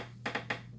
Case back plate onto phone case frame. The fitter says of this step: line it up and click it in